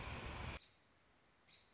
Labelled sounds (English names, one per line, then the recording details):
American Robin
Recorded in Sonoma County, California